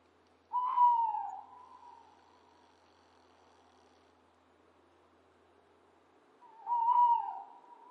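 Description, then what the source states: Owl hooting twice, each a drawn-out whistled note that slides slightly downward, about six seconds apart with silence between. Owl calling in a calm environment.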